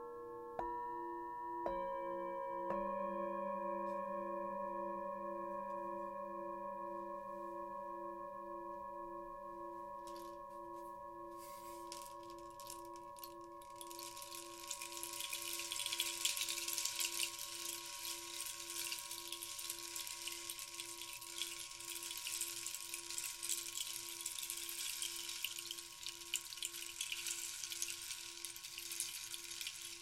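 A metal bowl is struck a few times in the first three seconds, leaving a clear, steady ring that hangs on and slowly fades across the whole clip. From around eleven seconds a rainstick joins in, its dense, bright pattering of falling beads growing fuller and continuing to the end.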